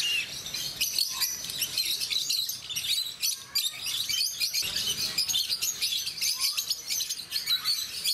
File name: sound rosy faced lovebird